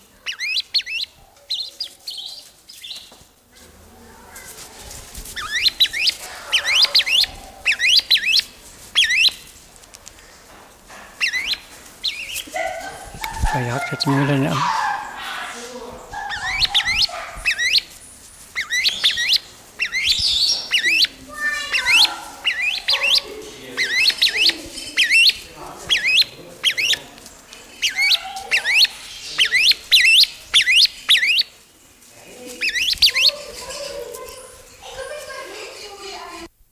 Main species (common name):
Grey-winged Trumpeter